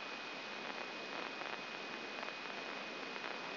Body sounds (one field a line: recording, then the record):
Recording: brain microelectrode recording played as sound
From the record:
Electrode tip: inside the subthalamic nucleus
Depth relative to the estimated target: 2 mm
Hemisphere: right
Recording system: AlphaMap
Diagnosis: Parkinson's disease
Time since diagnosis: 16 years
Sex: male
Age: 60 years